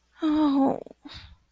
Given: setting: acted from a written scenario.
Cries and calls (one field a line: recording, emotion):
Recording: vocal sound without words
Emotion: sadness